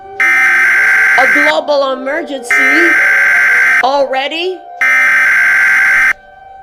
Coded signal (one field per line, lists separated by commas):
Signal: Emergency Alert System (SAME) tones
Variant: header bursts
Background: speech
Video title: EAS Scenario Reactions By Suoerstar Studios Animations